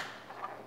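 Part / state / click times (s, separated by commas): plastic case cover onto an FPV video receiver module / seated / 0.4 s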